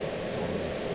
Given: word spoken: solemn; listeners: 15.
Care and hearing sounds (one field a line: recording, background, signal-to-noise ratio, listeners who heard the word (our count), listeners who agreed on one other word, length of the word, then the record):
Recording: one English word in noise, from a listening test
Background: speech-shaped noise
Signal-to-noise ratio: -6.0 dB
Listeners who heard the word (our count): 0 of 15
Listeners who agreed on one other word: 6 of 15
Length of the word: 0.55 s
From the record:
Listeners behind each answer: 6, 4, 2, 1, 1, 1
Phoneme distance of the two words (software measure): 24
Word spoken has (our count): 2 syllables, 5 phonemes, stress on syllable 1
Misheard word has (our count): 2 syllables, 5 phonemes, stress on syllable 1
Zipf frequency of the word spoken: 3.24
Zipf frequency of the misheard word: 3.89